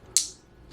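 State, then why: Seated. A plastic terminal position lock is pressed into a 3-pin connector housing to hold the wire terminals in place so the wires can't pop out. A single sharp, bright snap comes at 0.2 s and decays quickly, followed by a faint soft rustle near the end. The lock is seated.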